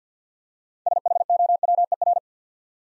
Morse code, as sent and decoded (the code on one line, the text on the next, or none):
... .... --- .-- . .-.
SHOWER